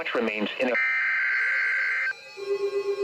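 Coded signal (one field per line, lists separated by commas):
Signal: Emergency Alert System (SAME) tones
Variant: header bursts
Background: speech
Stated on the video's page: Real EAS alerts received on a RadioShack 12-991 weather radio.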